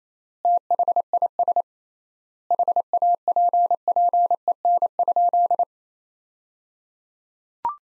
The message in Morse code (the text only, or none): THIS HAPPEN?